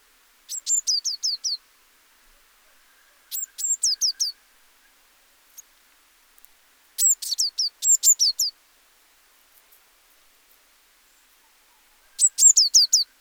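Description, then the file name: Eurasian blue tit giving quick series of high, thin downward-slurred notes in clusters of five or six, several bursts with short pauses between. "Cyanistes caeruleus"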